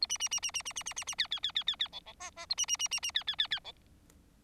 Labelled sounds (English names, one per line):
Bengalese Finch song